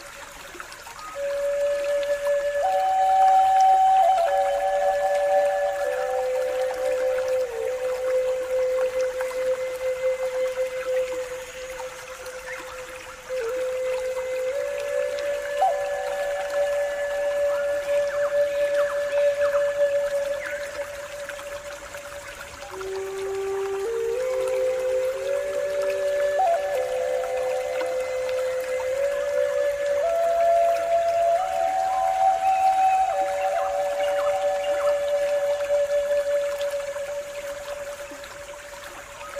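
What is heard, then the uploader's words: A pan flute plays a slow, gentle melody of held notes that step up and down, in two long phrases with a brief dip near eleven seconds and a pause around twenty-two. Underneath, a soft, steady wash of running water continues throughout. Immerse yourself in the soothing embrace of natural water sounds combined with the enchanting melodies of the pan flute.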